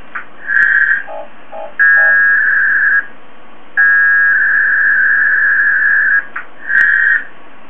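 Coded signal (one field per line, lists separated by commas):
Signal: packet radio (AX.25, as in APRS)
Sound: four short raspy data bursts around a mid-high warbling tone, with a few brief low beeps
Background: radio static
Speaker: we hit connect you'll hear this side transmit my other side you hear the alarm bell go off and it will come back and say we're connected and it will also spit up as you can see right here the mailbox commands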